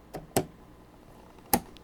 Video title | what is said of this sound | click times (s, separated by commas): A High-End Gaming & Editing PC Build – Part 3 – The Hardware Build Begins | two clicks and then finally the last one here | 0.4 s, 1.5 s